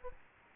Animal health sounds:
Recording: mosquito wingbeat signal from an infrared sensor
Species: Aedes albopictus

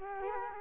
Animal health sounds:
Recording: mosquito wingbeat signal from an infrared sensor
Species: Culex quinquefasciatus

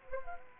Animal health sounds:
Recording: mosquito wingbeat signal from an infrared sensor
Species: Culex quinquefasciatus

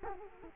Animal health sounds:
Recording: mosquito wingbeat signal from an infrared sensor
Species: Culex quinquefasciatus

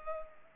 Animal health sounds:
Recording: mosquito wingbeat signal from an infrared sensor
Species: Culex pipiens

